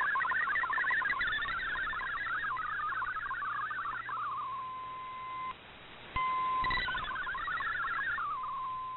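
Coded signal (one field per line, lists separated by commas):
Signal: multi-tone FSK (Olivia or MFSK type)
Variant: MFSK32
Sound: rapid warbling stepping tones, then a steady tone, a short dropout, warbling again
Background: radio static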